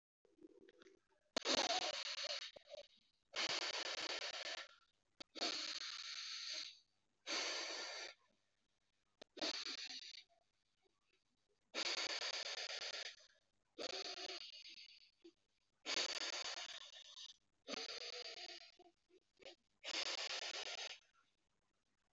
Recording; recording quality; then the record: deep breathing; moderate, slight background noise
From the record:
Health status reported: respiratory illness, not identified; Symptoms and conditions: breathing difficulty, hypertension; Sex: male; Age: 56 years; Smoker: yes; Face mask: not worn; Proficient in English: yes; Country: India